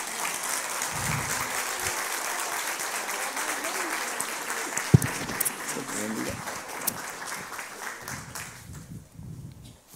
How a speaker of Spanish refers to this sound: Los despedimos con un aplauso, ¿sí?